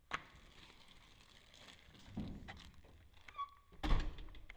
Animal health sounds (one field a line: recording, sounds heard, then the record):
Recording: poultry house recording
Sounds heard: no chicken sound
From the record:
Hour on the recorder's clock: 12